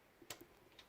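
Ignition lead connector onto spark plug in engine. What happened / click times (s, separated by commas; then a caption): The ignition lead snapped onto the spark plug / 0.3 s. The last ignition lead connector, for cylinder 1, is pressed onto its spark plug in a Saab 900 NG engine. It clicks sharply into place at 0.3 s, followed by fainter ticks around 0.4 s and 0.8 s. The lead is seated, completing the set so that all the ignition leads are in place.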